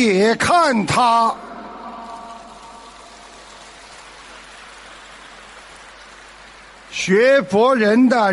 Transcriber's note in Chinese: 掌声